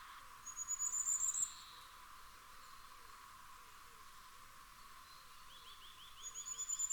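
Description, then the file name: Common firecrest song: a very high, thin run of rapid notes lasting about a second, then another starting near the end; quiet background otherwise. "Fiorrancino"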